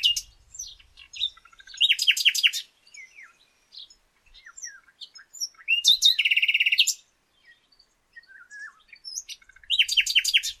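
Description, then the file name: Common nightingale song in three bursts of rapid, evenly repeated notes, each trill loud and fast, separated by quieter chips and brief whistled notes. "Luscinia megarhynchos"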